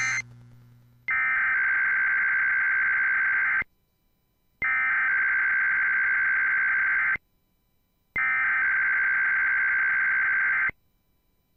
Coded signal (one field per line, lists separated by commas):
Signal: Emergency Alert System (SAME) tones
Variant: header bursts